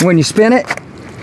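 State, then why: Not seated. Someone talks while rotating the plastic locking collar on a pool cartridge filter housing so its two locks line up with the pins, against a low steady background noise. Nothing has seated or clicked into place yet.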